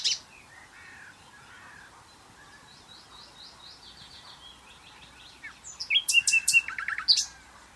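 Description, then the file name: Common nightingale: songbird phrases, quiet rising and falling whistles with a soft repeated series at first, then a loud burst of sharp chips and fast trilled notes near the end. "Luscinia megarhynchos"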